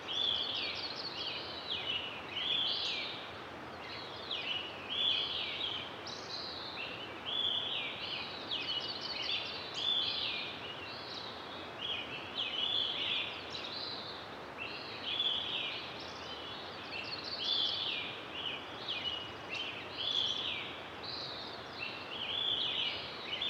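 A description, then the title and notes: A forest dawn chorus on a clear summer morning, with one bright bird repeating a rising, warbling phrase about every two to three seconds throughout. Fainter calls overlap it, over a steady soft hiss of moving water or wind in the valley. Dawn Chorus In The Valley Of The North Fork Of The Sacramento River. Recorded in the forest on a clear summer morning high in the valley of the North Fork of the Sacramento River in Shasta-Trinity National Forest, Siskiyou County, California. The rushing water of several streams is heard in the distance.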